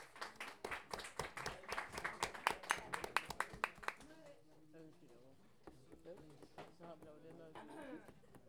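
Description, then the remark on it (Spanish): An audience at a stand-up comedy show bursts into loud, crackling applause for about four seconds; then the clapping drops away and a single voice starts speaking over a quieter room. “Un aplauso, por favor.”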